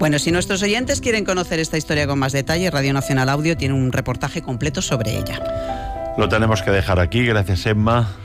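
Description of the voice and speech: An adult man speaks fluent, clearly articulated Spanish at a steady conversational pace, with a clear, medium-low voice and few pauses. Steady musical tones sit underneath partway through. This is ordinary, normal speech with no sign of a voice or speech disorder.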